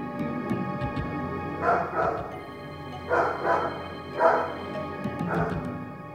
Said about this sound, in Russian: Едва мы спустились, как раздался собачий лай, а затем ужасный вопль, сопровождаемый жутким рычанием.